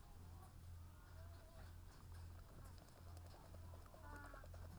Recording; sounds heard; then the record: poultry house recording; sick chickens (respiratory disease)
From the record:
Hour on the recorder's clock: 18